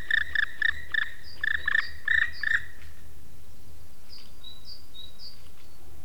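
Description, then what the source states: Black woodpecker flight call: a rapid series of about eight harsh, ringing notes over three seconds, then thin high whistles from other birds. Wing whirring, flight call and call.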